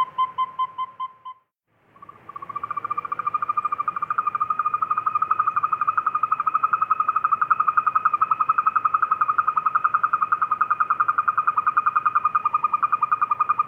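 Western toad call: a short pulsed burst, a brief pause, then a long steady rapid trill of soft peeps held at one pitch for over ten seconds.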